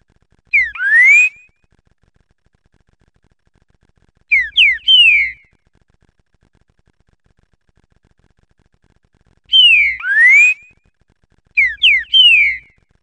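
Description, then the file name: Green-winged saltator song: four short phrases of clear whistled notes, some ending in a strong rising sweep, spaced irregularly, no other sounds. "suara trincaferro omkicau"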